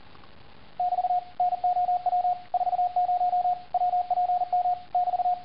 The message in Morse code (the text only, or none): <BT> NOW 40 WPM <BT>